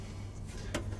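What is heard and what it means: A black plastic screw cover cap, one of the two front ones, is pressed on over its mounting screw on a Floe integrated RV water drain fitting. A short, sharp click at 0.8 s over a steady low hum shows the cap snapping into place and seating.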